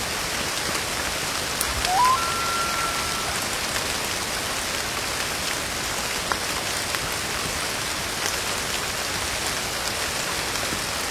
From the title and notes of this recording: Echoes of Nature - Wilderness Rainshower.